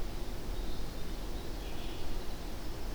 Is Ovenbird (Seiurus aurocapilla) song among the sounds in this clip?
no